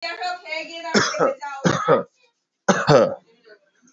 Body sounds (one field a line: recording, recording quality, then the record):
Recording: shallow voluntary cough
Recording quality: excellent, no background noise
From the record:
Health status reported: respiratory illness, not identified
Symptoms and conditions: none ticked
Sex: male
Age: 35 years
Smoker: not ticked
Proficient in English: yes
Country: India